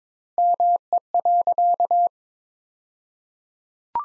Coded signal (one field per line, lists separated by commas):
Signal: Morse code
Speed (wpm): 22 wpm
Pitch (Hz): 700 Hz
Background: none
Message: ME.